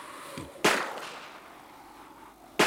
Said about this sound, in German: Hier, der zweite Schuss ist deiner.